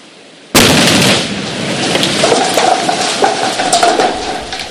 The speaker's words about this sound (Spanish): Después de encendida, dura 5 minutos para que haga la voladura como debe ser. Van a haber muchas proyecciones, que para dónde no se sabe, porque en cuestión del explosivo no sabemos para qué lado vamos a tener las proyecciones.